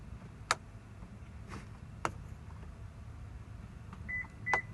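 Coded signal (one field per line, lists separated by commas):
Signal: beep code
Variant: Toyota smart key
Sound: a few clicks, then two short high beeps in quick succession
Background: clicks, small room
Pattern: 2 short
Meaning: The fob was accepted and programmed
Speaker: now we're gonna touch the fob to the button where it should hear two beeps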